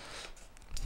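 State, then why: Not seated. A Samsung Galaxy Note Pro 12.2 tablet is slid and pressed into a Logitech plastic keyboard case, with soft handling and rubbing noise followed by a short, sharp sound near 0.8 s as the case edges are worked over the tablet. Nothing has seated or snapped home yet.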